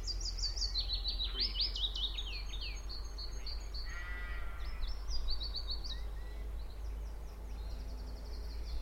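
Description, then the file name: Birds singing, with several overlapping high twittering and warbled phrases throughout, over a constant low rumble. Spring birdsong at Beacon Fell. "Spring birds song bumble bees with tractor drive by and aircraft noise Beacon Fell"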